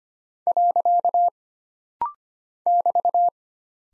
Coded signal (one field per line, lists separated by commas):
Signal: Morse code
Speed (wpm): 25 wpm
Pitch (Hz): 700 Hz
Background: none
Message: . <BT>